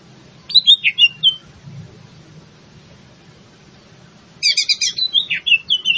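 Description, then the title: Greater green leafbird song: a short run of quick, bright whistled notes, a long silence, then a burst of rapid, rich twittering phrases. In full song, a style called gacor. "Cucak Ijo Gacor"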